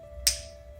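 A plastic cap is snapped shut onto the barrel of an Azure art marker, producing a single crisp, bright snap at 0.3 s over a faint steady background tone. The cap seats fully closed, and the audible snap confirms the marker is shut.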